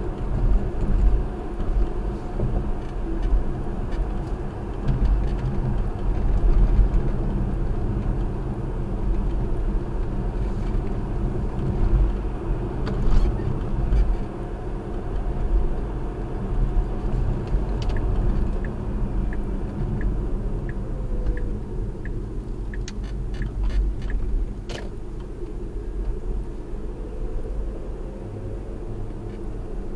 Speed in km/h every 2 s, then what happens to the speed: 69, 69, 68, 66, 68, 69, 69, 69, 69, 58, 44, 37, 44, 52, 53.
0-17 steady at about 69. 17-21 brakes to 37. 23-26 speeds up to 52.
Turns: none.